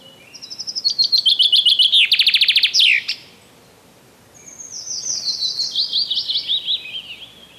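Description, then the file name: Common chaffinch song, a quick accelerating run of sharp notes dropping in pitch to a terminal flourish, followed by a softer second chaffinch song. "Zięba"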